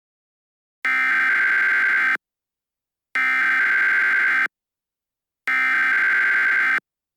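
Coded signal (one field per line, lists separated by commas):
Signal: Emergency Alert System (SAME) tones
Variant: header bursts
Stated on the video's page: Fictional EAS mock alert about SCP creatures on a rampage.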